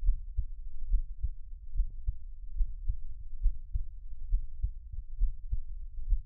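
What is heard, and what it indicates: Soft, low, muffled thumps repeat steadily at about 67 beats a minute, often in lub-dub pairs. It is an adult's own heartbeat recorded up close for Taiwanese ASMR, with no talking, over a faint low hum.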